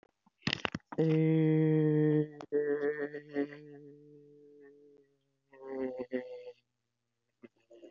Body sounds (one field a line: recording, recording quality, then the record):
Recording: sustained vowel as in made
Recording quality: moderate, slight background noise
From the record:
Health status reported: healthy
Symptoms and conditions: none ticked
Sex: male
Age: 24 years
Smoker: not ticked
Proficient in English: yes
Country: India